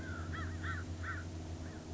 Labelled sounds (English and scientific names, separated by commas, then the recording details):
American Crow (Corvus brachyrhynchos)
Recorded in Sonoma County, California